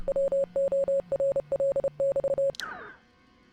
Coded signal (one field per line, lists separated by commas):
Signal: Morse code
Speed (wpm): 29 wpm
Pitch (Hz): 550 Hz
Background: none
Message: WORL<BT>